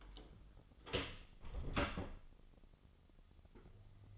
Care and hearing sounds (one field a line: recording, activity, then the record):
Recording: daily activity, microphone in the room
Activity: close door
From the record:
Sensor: 4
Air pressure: 996.9 hPa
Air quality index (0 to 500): 52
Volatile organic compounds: 1 ppm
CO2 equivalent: 893 ppm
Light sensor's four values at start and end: 18/42/17/17 and 19/45/18/18